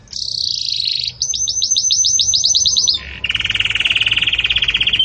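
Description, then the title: Canary song: a sustained buzzy note, a fast series of repeated chirps, then a lower rolling trill to the end. Belgian canary song used for teaching breeding chicks (encarte de filhotes); 'campainha' style. "Canto Do Canário Belga Campainha Para Encarte De Filhotes"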